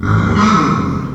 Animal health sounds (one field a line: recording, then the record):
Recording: squeal of a Yucatan mini pig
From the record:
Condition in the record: after surgery on the right vocal fold (resection and tissue-engineered implant)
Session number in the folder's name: 15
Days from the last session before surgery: 175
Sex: female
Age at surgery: 19 weeks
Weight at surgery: 25 kg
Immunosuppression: prednisolone